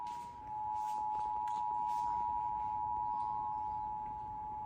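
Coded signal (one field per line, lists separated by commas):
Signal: Emergency Alert System (SAME) tones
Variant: 853 and 960 Hz attention tone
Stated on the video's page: Tropical storm warning aired on a Los Angeles TV station during a broadcast.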